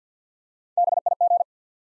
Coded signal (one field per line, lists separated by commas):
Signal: Morse code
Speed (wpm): 50 wpm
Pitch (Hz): 700 Hz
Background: none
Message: B I G